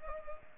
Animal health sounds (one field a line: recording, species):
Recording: mosquito wingbeat signal from an infrared sensor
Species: Culex pipiens